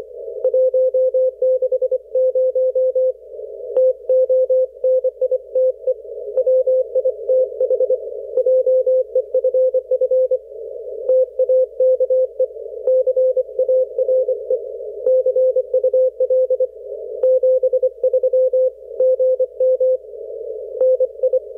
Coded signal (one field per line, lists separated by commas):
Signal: Morse code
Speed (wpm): 26 wpm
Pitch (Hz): 520 Hz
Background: none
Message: 160 TONITE WITH JEFF TAKE CARE CUL 73 GM NI